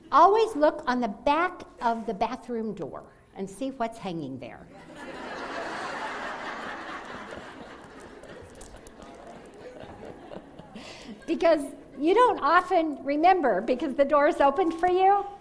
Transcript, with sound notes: Always look on the back of the bathroom door and see what’s hanging there (sounds of laughter) because you don’t often remember because the door’s open for you,